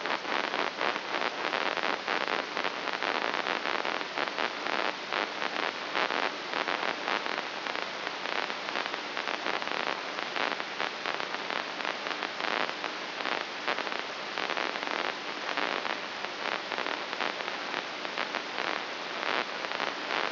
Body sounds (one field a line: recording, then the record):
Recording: brain microelectrode recording played as sound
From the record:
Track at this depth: inside the subthalamic nucleus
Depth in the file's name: 3.818 mm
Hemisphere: left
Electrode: 3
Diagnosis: Parkinson's disease